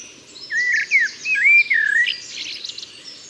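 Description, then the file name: Common blackbird singing a fluted, looping warble of several notes, then a thin, squeaky twittering coda. "Turdus merula"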